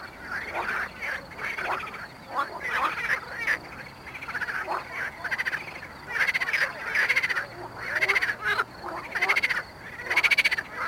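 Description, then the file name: Marsh frog calls, repeated pulsed croaks in bursts about every second from several frogs in a steady chorus. Mali lag, Botevgrad, Bulgaria. "Pelophylax ridibundus at Mali lag, Botevgrad, Bulgaria"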